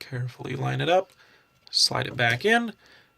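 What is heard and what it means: A micro SD card is lined up, slid back into the spring-loaded card slot on a lightsaber sound board, and pushed in while someone talks. Two short ticks are heard in a quiet gap between the words. The clip ends before the card goes home, so nothing has seated or clicked yet.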